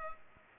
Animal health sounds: mosquito wingbeat signal from an infrared sensor; Culex pipiens

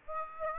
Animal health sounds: mosquito wingbeat signal from an infrared sensor; Aedes aegypti

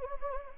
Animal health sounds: mosquito wingbeat signal from an infrared sensor; Anopheles gambiae

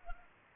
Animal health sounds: mosquito wingbeat signal from an infrared sensor; Culex pipiens

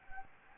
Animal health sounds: mosquito wingbeat signal from an infrared sensor; Anopheles gambiae

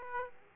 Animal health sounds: mosquito wingbeat signal from an infrared sensor; Aedes aegypti

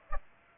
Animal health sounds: mosquito wingbeat signal from an infrared sensor; Aedes aegypti

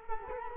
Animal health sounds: mosquito wingbeat signal from an infrared sensor; Culex quinquefasciatus

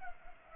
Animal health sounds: mosquito wingbeat signal from an infrared sensor; Culex pipiens

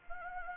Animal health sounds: mosquito wingbeat signal from an infrared sensor; Anopheles gambiae

